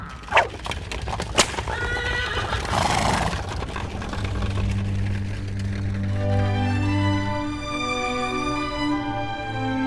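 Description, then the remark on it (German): A few sharp hoof clops ring out at the start, followed by a long, loud whinny from a waiting carriage horse with a bright, wavering pitch that rises and trails off, no voices present. “Man sollte immer an den Kutscher und die Pferde denken.”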